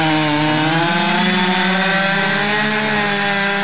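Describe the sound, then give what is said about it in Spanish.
A Stihl chainsaw engine roars steadily at high revs, its buzzing tone dipping slightly as the chain bites into wood, loud and continuous with no voices. “Stihl tiene la motosierra justa para lo que vos necesitas.”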